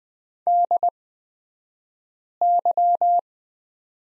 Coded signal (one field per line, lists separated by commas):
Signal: Morse code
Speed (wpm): 20 wpm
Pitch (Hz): 700 Hz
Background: none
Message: DY